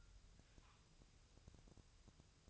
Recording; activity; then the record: daily activity, microphone in the room; take from stove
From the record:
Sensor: 2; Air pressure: 999.1 hPa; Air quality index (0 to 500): 198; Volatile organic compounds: 29 ppm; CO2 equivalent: 2932 ppm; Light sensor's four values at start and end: 6/15/6/6 and 6/15/6/6